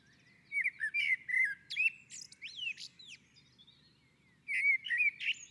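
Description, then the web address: Common blackbird song: fluted, warbling whistled phrases around mid pitch, each ending in high squeaky twitters, two phrases separated by a short pause. On a roof. "Naturinspelningar Koltrast på taket"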